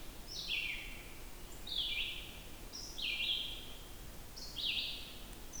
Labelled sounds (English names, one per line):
Red-eyed Vireo song